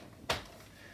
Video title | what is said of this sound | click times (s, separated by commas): Unboxing and Assembling a Brand New Nuna Demi Grow | and push it underneath and then it'll pop into place | 0.3 s